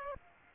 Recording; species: mosquito wingbeat signal from an infrared sensor; Aedes aegypti